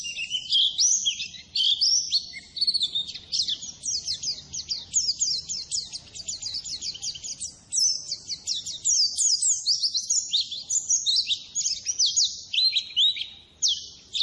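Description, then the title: White-eye singing nonstop: dense bursts of high, sharp chirps and slurred whistles, tumbling in fast sequences with a few short pauses. Masteran training song for cage birds; a gacor (constantly singing) pleci described as ngalas. "Masteran Suara Burung Pleci Ngalas Istimewa"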